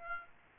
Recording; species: mosquito wingbeat signal from an infrared sensor; Aedes aegypti